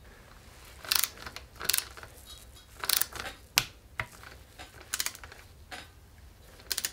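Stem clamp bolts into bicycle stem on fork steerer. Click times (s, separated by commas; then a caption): 3.6 s. A torque wrench set to the manufacturer's 5 Nm tightens the stem clamp bolts of a bicycle stem on the fork steerer, with short bursts of ratcheting, metallic tool noise near 1.0, 1.7 and 2.9 seconds. A loud, sharp release click at 3.6 seconds shows the wrench reaching its setting. Further brief tool sounds follow around 4.0, 5.0, 5.7 and 6.8 seconds.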